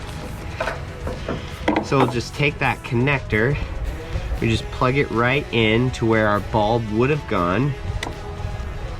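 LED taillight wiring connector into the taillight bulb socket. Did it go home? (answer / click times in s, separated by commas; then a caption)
yes / 8.0 s. Someone talks while pushing the LED taillight's wiring connector into the taillight bulb socket where the bulb used to go on a 1997-2004 Dodge Dakota. The connector seats with one sharp click at 8.0 s.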